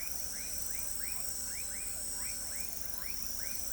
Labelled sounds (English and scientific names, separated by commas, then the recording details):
none
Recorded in pastures near Pivijay, Magdalena, Colombia, on 4 June 2023 at 21:00
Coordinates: 10.456, -74.369
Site P6-G026